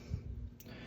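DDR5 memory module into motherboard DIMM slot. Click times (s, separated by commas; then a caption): 0.6 s. A DDR5 memory stick is pushed straight down into a motherboard DIMM slot until the retention latch clicks: one side clicks in and the latch on the other side pops up. After low rumbling handling noise, a short, sharp click with bright high-frequency content sounds at 0.6 s. The module is seated.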